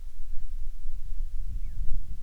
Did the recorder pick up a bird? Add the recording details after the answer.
no. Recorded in the Arctic National Wildlife Refuge, Alaska, on 10 July 2019 at 17:47. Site 44